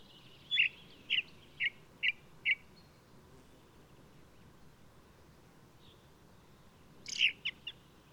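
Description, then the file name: Ring ouzel song: five evenly spaced, ringing notes in a steady series, a long pause, then a short scratchy twittered phrase to finish. Singing male of the alpine subspecies alpestris, recorded 22 May 2018 at Důl Bílého Labe in the Krkonoše mountains, Czech Republic. "180522 BIO rouz-alpestris-1-M-S cz dul-bileho-labe"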